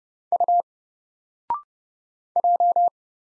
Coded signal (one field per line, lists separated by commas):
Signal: Morse code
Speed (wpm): 30 wpm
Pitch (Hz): 700 Hz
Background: none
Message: U J